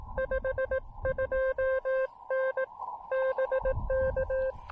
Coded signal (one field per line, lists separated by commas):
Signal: Morse code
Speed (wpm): 18 wpm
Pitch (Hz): 530 Hz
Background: none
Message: 52N BK